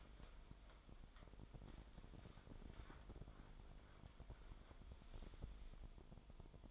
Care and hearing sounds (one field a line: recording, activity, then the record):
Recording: daily activity, microphone in the room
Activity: wipe stove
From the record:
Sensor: 5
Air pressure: 1003.4 hPa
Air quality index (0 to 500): 145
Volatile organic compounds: 2 ppm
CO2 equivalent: 1058 ppm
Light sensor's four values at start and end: 39/87/39/45 and 39/84/39/45